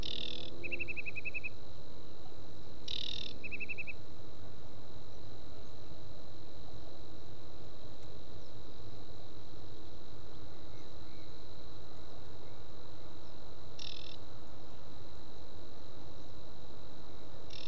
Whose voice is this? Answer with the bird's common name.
Aquatic Warbler